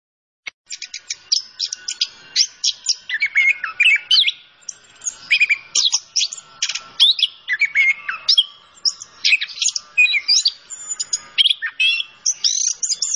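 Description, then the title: Orange-headed thrush delivering a long, energetic song of chirps, slurred whistles and harsh buzzy phrases, uttered in fast, nearly continuous bursts. Bird singing vigorously (gacor); masteran for training songbirds. "Anis Kembang Gacor. Kicau Mania Masteran Anis Kembang"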